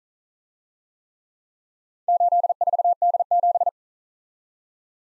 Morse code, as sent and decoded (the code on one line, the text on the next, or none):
---.. ....- -.. --...
84D7